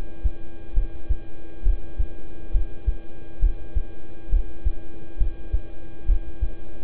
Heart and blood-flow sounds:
heart sounds by stethoscope; between the tricuspid and mitral areas; 68 bpm
0.74 s: heartbeat
1.63 s: heartbeat
2.51 s: heartbeat
3.39 s: heartbeat
4.29 s: heartbeat
5.17 s: heartbeat
6.06 s: heartbeat
From the record:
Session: rest, lying down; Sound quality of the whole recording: good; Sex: male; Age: 26 years

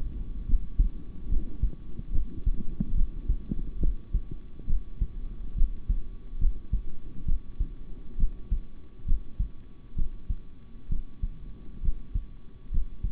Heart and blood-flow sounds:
heart sounds by stethoscope; between the tricuspid and mitral areas; 69 bpm
0.45 s: heartbeat
1.28 s: heartbeat
2.11 s: heartbeat
2.94 s: heartbeat
3.79 s: heartbeat
4.66 s: heartbeat
5.55 s: heartbeat
6.38 s: heartbeat
7.25 s: heartbeat
8.17 s: heartbeat
9.05 s: heartbeat
9.95 s: heartbeat
10.89 s: heartbeat
11.82 s: heartbeat
12.71 s: heartbeat
From the record:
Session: rest, sitting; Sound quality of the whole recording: good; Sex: male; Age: 26 years

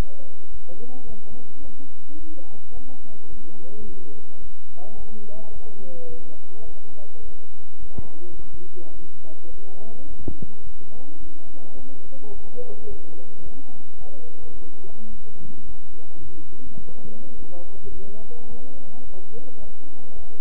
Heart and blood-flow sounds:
heart sounds by stethoscope; between the tricuspid and mitral areas; 107 bpm
0.51 s: heartbeat
1.06 s: heartbeat
1.62 s: heartbeat
2.18 s: heartbeat
2.74 s: heartbeat
3.29 s: heartbeat
3.85 s: heartbeat
4.41 s: heartbeat
4.97 s: heartbeat
5.53 s: heartbeat
6.09 s: heartbeat
6.65 s: heartbeat
7.22 s: heartbeat
7.79 s: heartbeat
8.36 s: heartbeat
8.93 s: heartbeat
9.51 s: heartbeat
10.07 s: heartbeat
10.64 s: heartbeat
11.20 s: heartbeat
11.76 s: heartbeat
12.32 s: heartbeat
12.88 s: heartbeat
13.43 s: heartbeat
13.98 s: heartbeat
14.54 s: heartbeat
15.10 s: heartbeat
15.66 s: heartbeat
16.22 s: heartbeat
16.79 s: heartbeat
17.36 s: heartbeat
17.92 s: heartbeat
18.48 s: heartbeat
19.04 s: heartbeat
19.60 s: heartbeat
20.16 s: heartbeat
From the record:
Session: bicycle stress test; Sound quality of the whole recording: good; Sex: male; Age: 23 years

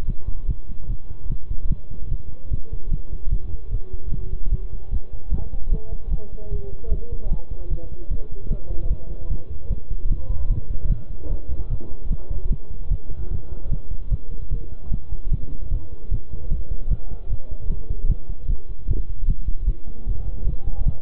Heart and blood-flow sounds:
heart sounds by stethoscope; between the tricuspid and mitral areas; 150 bpm
0.08 s: heartbeat
0.48 s: heartbeat
0.89 s: heartbeat
1.30 s: heartbeat
1.70 s: heartbeat
2.11 s: heartbeat
2.51 s: heartbeat
2.92 s: heartbeat
3.32 s: heartbeat
3.72 s: heartbeat
4.12 s: heartbeat
4.52 s: heartbeat
4.92 s: heartbeat
5.32 s: heartbeat
5.72 s: heartbeat
6.12 s: heartbeat
6.52 s: heartbeat
6.92 s: heartbeat
7.31 s: heartbeat
7.71 s: heartbeat
8.11 s: heartbeat
8.51 s: heartbeat
8.90 s: heartbeat
9.31 s: heartbeat
9.71 s: heartbeat
10.10 s: heartbeat
10.50 s: heartbeat
10.90 s: heartbeat
11.30 s: heartbeat
11.71 s: heartbeat
12.11 s: heartbeat
12.51 s: heartbeat
12.91 s: heartbeat
13.31 s: heartbeat
13.72 s: heartbeat
14.12 s: heartbeat
14.52 s: heartbeat
14.92 s: heartbeat
15.32 s: heartbeat
15.71 s: heartbeat
16.11 s: heartbeat
16.51 s: heartbeat
16.91 s: heartbeat
17.30 s: heartbeat
17.70 s: heartbeat
18.09 s: heartbeat
18.49 s: heartbeat
18.89 s: heartbeat
19.28 s: heartbeat
19.68 s: heartbeat
20.07 s: heartbeat
20.47 s: heartbeat
20.86 s: heartbeat
From the record:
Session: bicycle stress test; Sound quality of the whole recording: good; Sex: male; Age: 23 years

